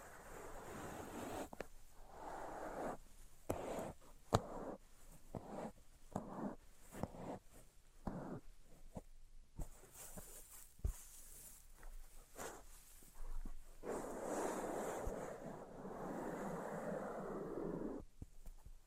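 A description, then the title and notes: Tapping, scratching and tracing sounds in uneven bursts, with sharp taps scattered throughout and a longer, denser scratching stretch near fifteen seconds. Tapping, Scratching, and Tracing Sounds.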